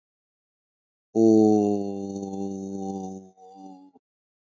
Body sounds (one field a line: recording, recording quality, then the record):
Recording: sustained vowel as in boot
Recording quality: excellent, no background noise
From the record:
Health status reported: healthy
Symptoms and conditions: none ticked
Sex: male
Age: 45 years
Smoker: yes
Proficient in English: yes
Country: India